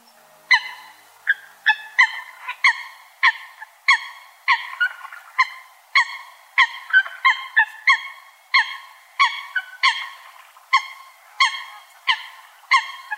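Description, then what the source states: Eurasian coot calling with a long run of short nasal honks, roughly one every two-thirds of a second, with a second fainter caller sometimes overlapping. Recorded in a park in Tokyo, Japan.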